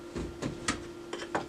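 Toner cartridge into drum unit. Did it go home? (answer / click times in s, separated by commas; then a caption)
no / none. A new toner cartridge for a Brother HL-2170W printer is handled and pushed into the drum unit along the guides, producing short plastic knocks and scrapes around 0.7, 1.1 and 1.4 seconds over a steady low hum. The cartridge has not seated or clicked into place yet.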